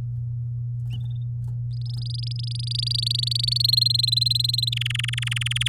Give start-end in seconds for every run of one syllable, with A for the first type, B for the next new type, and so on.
1.73-3.62 A, 3.64-4.69 B, 4.72-5.68 C